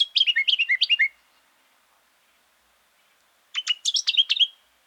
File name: brown honeyeater